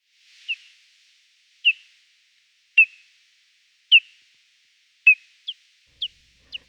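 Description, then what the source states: Hoary bat echolocation calls, rendered audible as short descending chirps spaced about a second apart, then quickening into closer pulses near the end, with a silent background. Echolocating hoary bat recorded with a bat detector; its ultrasonic calls cannot be heard unaided in nature.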